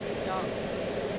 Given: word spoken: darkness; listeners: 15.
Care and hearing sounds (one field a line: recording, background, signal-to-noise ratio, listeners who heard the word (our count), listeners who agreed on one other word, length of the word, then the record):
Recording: one English word in noise, from a listening test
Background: speech-shaped noise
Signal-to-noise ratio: -7.0 dB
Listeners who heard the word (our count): 4 of 15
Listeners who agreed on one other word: 9 of 15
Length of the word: 0.79 s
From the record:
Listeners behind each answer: 9, 4, 1, 1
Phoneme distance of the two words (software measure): 21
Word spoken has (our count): 2 syllables, 6 phonemes, stress on syllable 1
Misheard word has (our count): 1 syllable, 3 phonemes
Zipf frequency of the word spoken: 4.14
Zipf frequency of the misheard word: 4.94